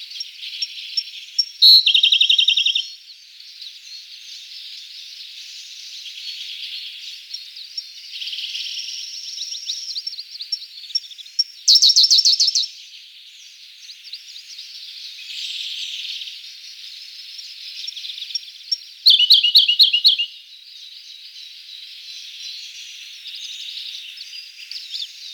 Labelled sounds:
Siberian Blue Robin (Luscinia cyane) song
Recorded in the wild
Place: Tormasu (Umgebung), RU
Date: 1994-06-04
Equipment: Dat-Recorder Casio DA 7, Telinga DAT, Telinga-Parabolspiegel
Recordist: Schwarz, Dieter
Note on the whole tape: Song

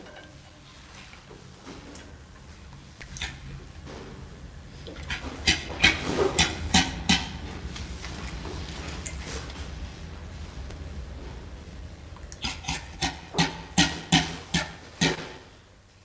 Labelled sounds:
Western Gorilla (Gorilla gorilla) call
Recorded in captivity
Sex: female
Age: adult
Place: Zoo Rostock, Mecklenburg-Vorpommern, DE
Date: 1984-02-03 10:39
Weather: overcast, 3-6°C
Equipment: Nagra SN, Kopie Uher 4000 Report Monitor
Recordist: Tembrock, Günter

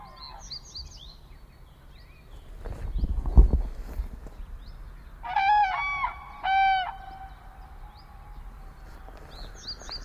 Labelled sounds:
Common Crane (Grus grus) call
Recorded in the wild
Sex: pair
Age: adult
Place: Charlottenhof, Mecklenburgische Seenplatte, Mecklenburg-Vorpommern, DE
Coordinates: 53.5169, 12.0853
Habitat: meadowland
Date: 2010-04-08
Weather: heiter, 10°C, windstill
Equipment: Sound Devices 702, Sennheiser MKH 70, Rycote Windschutz
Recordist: Frommolt, Karl-Heinz

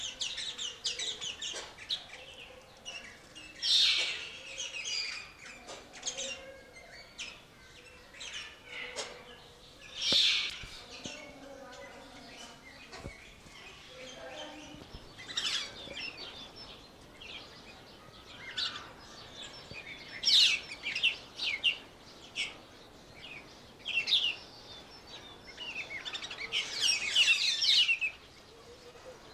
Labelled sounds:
Black-headed Bulbul (Pycnonotus atriceps)
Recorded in captivity
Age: adult
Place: Zoo Berlin, Berlin, DE
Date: 1986-04-16 11:01
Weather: sunny, 12°C
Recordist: Tembrock, Günter

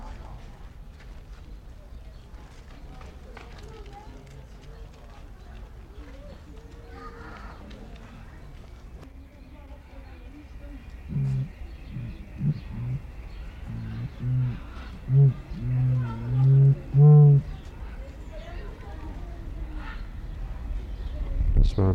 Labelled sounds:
Common Hill Myna (Gracula religiosa)
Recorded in captivity
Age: adult
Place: Zoo Berlin, Berlin, DE
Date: 1994-04-16 12:00
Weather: heiter, 7-12°C
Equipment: Marantz CP 430, Sennheiser ME 80, Kopie Uher Variocord 263
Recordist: Tembrock, Günter

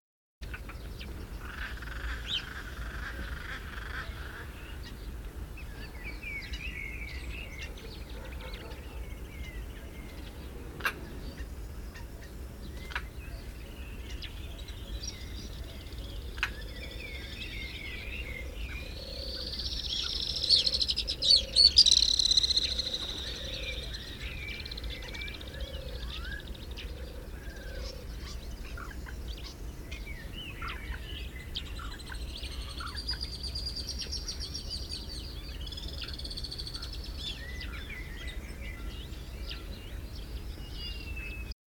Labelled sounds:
European Roller (Coracias garrulus) call, Alpine Swift (Tachymarptis melba) call
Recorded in the wild
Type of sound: call
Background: Tachymarptis melba
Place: Kavarna, Varna, BG
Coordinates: 43.433, 28.335
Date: 1974-06-06
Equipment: Nagra III BH, Sennheiser MD 21, parabola
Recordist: Schubert, Michael
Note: Blauracke und Alpensegler

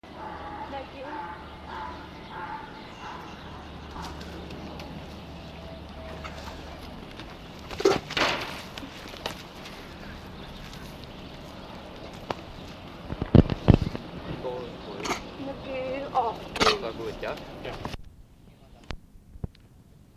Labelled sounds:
Red Kangaroo (Macropus rufus) call
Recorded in captivity
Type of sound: call
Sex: male
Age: adult
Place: Tierpark Berlin, Berlin, DE
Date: 1965-10-09 14:00
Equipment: Telefunken Magnetophon 300, Sennheiser MD 421, Transistorverstärker 2
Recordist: Tembrock, Günter
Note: Laute eines Männchens, das ins Innengehege getrieben wird. Abstand: 8 m. Aufnahmezeit: 14.00-18.00 Uhr

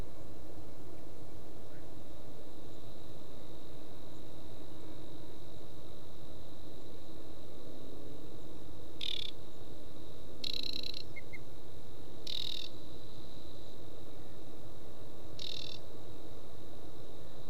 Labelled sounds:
Aquatic Warbler (Acrocephalus paludicola) song
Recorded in the wild
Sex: male
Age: adult
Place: Schwedt, Unteres Odertal, Brandenburg, DE
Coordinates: 53.05, 14.3
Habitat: wet meadow
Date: 2024-06-16 21:20
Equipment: Wildlife Acoustics SM4
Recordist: Frommolt, Karl-Heinz
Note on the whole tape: Song of a aquatic warbler. Same bird

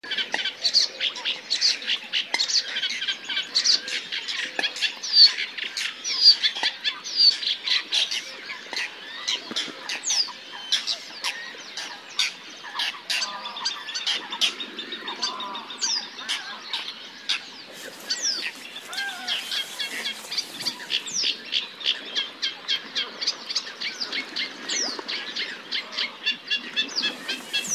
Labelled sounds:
Whiskered Tern (Chlidonias hybrida) flight call
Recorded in the wild
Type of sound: flight call
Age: adult
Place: Kützerhof, Kummerower See, Mecklenburg-Vorpommern, DE
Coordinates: 53.8531, 12.8686
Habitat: wetland
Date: 2010-06-22
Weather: fair, 8°C, weak winds
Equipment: Sound Devices 702, Rode NT1-A Stereopaar
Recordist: Frommolt, Karl-Heinz
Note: Straße vom Kützerhof nach Aalbude, Polder Große Rosin: Weißbartseeschwalben im Vorbeiflug. Tiere gesehen

